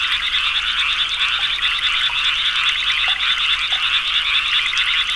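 Frog chorus of many overlapping callers, a steady buzzing, pulsed croaking held throughout at an even level.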